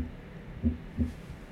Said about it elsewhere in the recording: The cadence that we're listening to is da-da-da, da-da-da, da-da-da. And that low pitch sound that we're hearing before is an S4. So in an S4, you can hear that in somebody with hypertensive heart disease or a stiff ventricle.